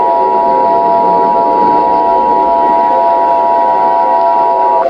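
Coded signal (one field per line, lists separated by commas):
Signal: Emergency Alert System (SAME) tones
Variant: 853 and 960 Hz attention tone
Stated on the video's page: Fictional EAS scenario with SAME tones, a fan-made simulation rather than a real alert.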